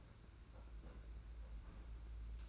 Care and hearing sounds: daily activity, microphone in the room; place on stove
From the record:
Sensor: 2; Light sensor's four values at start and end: 19/59/23/21 and 19/59/23/21

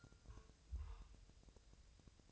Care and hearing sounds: daily activity, microphone in the room; take from stove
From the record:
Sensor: 2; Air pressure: 999.3 hPa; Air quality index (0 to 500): 196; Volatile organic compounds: 27 ppm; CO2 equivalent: 2893 ppm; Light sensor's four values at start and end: 6/15/6/6 and 6/15/6/6

